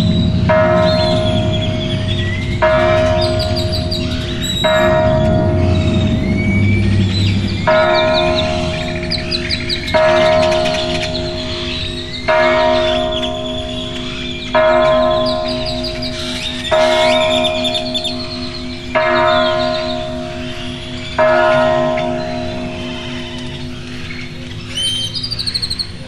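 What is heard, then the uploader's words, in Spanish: Bells strike repeatedly about every two seconds over a steady low hum, while birds chirp and trill brightly throughout at dawn. Fonografias_Amanecer_Jalpan.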